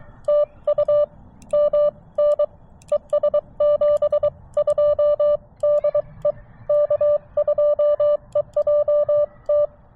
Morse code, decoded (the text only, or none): TU MN ES 72 DE K2EJT